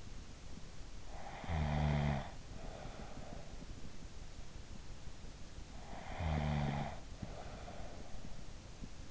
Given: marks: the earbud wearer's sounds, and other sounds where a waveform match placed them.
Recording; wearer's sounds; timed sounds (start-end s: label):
sounds in sleep by an in-ear microphone; snoring breath
0.76-4.29 s: snoring breath
5.27-9.11 s: snoring breath